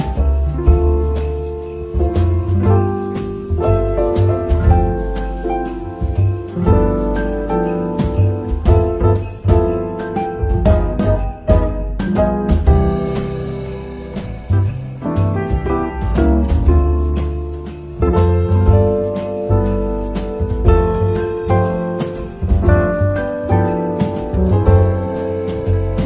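Elegant jazz of the kind heard in a café, with a steady, rhythmic bass line and piano-like chords changing every beat or two. Bright bell-like tinkles ring lightly on top throughout, and the loudness pulses evenly without pause.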